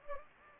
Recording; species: mosquito wingbeat signal from an infrared sensor; Anopheles gambiae